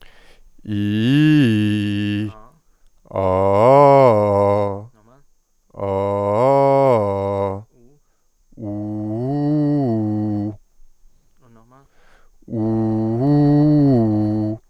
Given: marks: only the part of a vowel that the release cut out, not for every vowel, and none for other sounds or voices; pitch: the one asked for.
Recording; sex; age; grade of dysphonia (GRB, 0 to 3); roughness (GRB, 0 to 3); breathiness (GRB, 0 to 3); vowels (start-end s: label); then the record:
sustained vowels; male; 20 to 29 years; 0; 0; 0
0.77-2.19 s: vowel /i/, low-high-low pitch
5.91-7.44 s: vowel /a/, low-high-low pitch
12.63-14.43 s: vowel /u/, low-high-low pitch
From the record:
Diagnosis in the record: healthy voice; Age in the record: 25 years